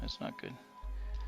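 Someone talks while handling a plastic building piece on a brick model; the piece went in only partway earlier and is about to be pushed fully home. A steady low hum starts at about 0.8 s, and nothing has seated or clicked yet in this clip.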